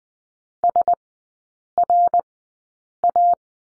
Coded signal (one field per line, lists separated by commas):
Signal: Morse code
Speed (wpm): 20 wpm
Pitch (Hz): 700 Hz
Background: none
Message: S R A